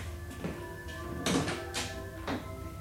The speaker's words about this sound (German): Kaum, dass die Tür hinter Anni ins Schloss gefallen war